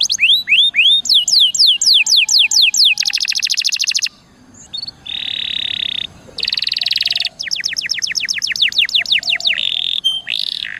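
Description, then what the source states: Canary song mixing sweeping whistles, dense buzzy trills and steady drawn-out notes, with short breaks between phrases. Canary song in the cengkok mewah (ornate) song style.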